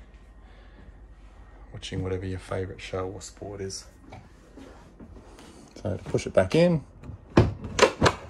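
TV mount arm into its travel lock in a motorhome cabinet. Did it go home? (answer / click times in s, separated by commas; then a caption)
yes / 7.4 s, 8.1 s. Someone talks as the pull-out, swing-out TV mount arm in the lounge of a Latitude Element 27 motorhome, built on the Iveco Daily 70-210, is pushed back into its stowed position in the cabinet. Two sharp clicks are heard at 7.4 s and 8.1 s as the travel latch engages, leaving the mount locked home and safe to travel.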